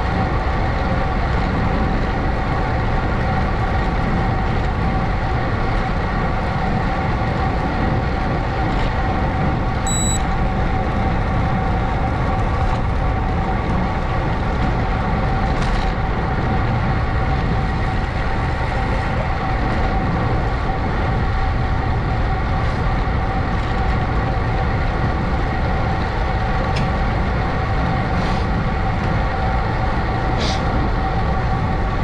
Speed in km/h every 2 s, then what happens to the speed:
29, 29, 29, 29, 29, 29, 31, 29, 29, 29, 29, 29, 29, 27, 27, 27.
0-32 steady at about 29.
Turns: 5-13.